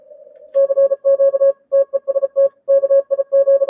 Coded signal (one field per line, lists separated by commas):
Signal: Morse code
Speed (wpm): 34 wpm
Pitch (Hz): 550 Hz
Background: music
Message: CQ TEST KIG